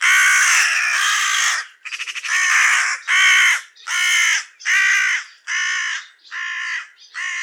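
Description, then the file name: Carrion crow calling a steady series of about nine loud, grating caws, roughly one every second, the first one drawn out. "Corvus corone"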